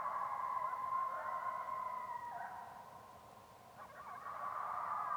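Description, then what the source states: Coyotes howling in chorus, overlapping sustained notes with warbling, quavering pitch, dipping quieter midway before swelling again. Several coyotes, recorded in Yellowstone in 2021.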